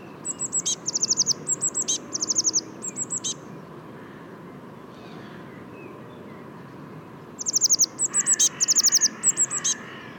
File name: Cyanistes caeruleus